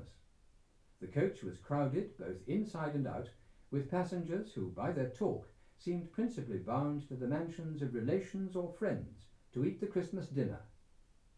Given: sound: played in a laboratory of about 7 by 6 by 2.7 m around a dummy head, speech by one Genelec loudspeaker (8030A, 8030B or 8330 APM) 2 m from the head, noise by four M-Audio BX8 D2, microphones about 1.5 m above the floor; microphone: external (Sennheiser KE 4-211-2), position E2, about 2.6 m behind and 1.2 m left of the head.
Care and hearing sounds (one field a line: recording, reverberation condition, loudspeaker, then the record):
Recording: male speech in English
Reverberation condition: low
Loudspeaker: 120 degrees to the left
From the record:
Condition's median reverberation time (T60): about 310 ms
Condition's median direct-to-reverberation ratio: about 3.5 dB